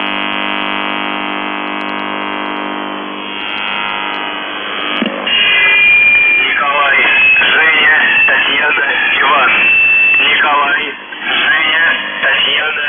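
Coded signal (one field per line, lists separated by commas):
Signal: numbers station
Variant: UVB-76, Russian voice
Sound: steady droning buzz for about five seconds, then a voice reading a message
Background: radio static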